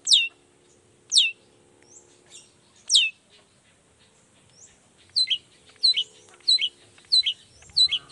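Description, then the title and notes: Long-tailed shrike song: three sharp down-slurred whistles spaced apart, followed by a quicker series of paired notes. Vigorous ('gacor') morning singing with 'toet toet' sound variations; presented as making any other shrike immediately answer ('nyaut') and open up its repertoire ('buka materi'). "Langsung NYAUTTTTT ! Cendet Gacor Dor Di Kala Pagi Toet Toet Variasi Suara J. Nyaut Seketika.! Cendet Gacor Pagi Hari Biangnya Bikin Cendet Manapun Langsung On Nyaut Buka Materi. Burung cendet"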